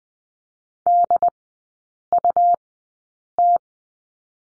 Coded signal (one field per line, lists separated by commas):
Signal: Morse code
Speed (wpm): 20 wpm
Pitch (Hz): 700 Hz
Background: none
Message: DUT